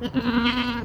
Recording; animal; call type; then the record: contact call of a hoofed animal; goat; low-frequency (closed-mouth) or high-frequency (open-mouth) call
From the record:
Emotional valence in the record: negative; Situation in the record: short social isolation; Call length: 0.86 s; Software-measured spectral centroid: 2060 Hz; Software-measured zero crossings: 1550 a second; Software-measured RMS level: -24 dBFS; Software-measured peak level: -10 dBFS